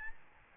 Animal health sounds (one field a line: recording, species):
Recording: mosquito wingbeat signal from an infrared sensor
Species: Aedes albopictus